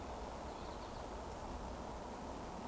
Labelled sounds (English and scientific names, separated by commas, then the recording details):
Eurasian Woodcock (Scolopax rusticola) whistle
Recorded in Baden-Württemberg, Germany, on 24 June 2020 at 19:51 UTC
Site 14569, 102 m above sea level